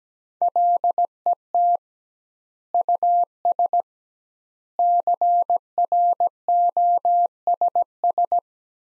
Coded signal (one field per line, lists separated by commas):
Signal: Morse code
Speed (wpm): 17 wpm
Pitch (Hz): 700 Hz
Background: none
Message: LET US CROSS